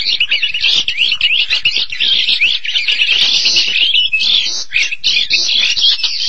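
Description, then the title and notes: Starling song, a dense, continuous stream of rapid chattering, whistled and buzzy notes packed together without pause. "suara burung jalak"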